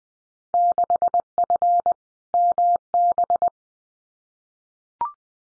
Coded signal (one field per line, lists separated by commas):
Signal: Morse code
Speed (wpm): 20 wpm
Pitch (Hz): 700 Hz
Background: none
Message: 6F MB